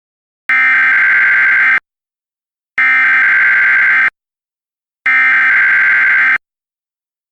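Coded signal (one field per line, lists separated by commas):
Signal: Emergency Alert System (SAME) tones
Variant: header bursts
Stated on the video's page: Simulated EAS scenario made with Audacity.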